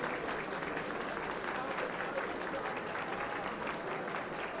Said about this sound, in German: Jetzt Begrüßung der deutschen Elf, ehrlicher Beifall der Tribüne.